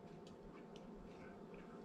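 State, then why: Not seated. The last rifle cartridge is pressed down into the metal en bloc clip of an M1 Garand, with faint light ticks of handling over a steady low hum. Nothing has seated or clicked yet.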